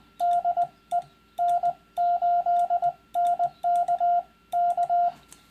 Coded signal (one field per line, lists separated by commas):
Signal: Morse code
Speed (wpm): 20 wpm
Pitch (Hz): 700 Hz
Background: radio noise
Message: DE N8NK K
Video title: First CW Contact - Last of the Hnts, blah blah. lol. Part 5 of x